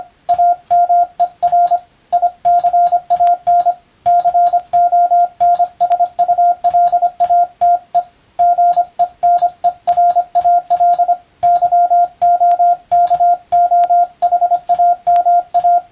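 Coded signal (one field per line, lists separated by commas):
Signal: Morse code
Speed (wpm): 25 wpm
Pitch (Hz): 700 Hz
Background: radio noise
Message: AMERICAN CONSULATE GENERAL YOKOHAMA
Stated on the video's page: Morse practice in the style of the Japanese radiotelegraph operator exam, using English-language telegram practice texts, keyed for receiving practice.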